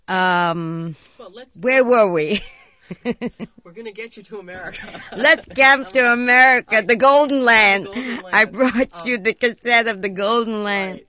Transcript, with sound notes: Um, where were we?
Let's, let's, we're going to get you to America. (they laugh)
Let's come to America, the Golden Land!
The Golden Land!
I brought you the cassette of "the Golden Land."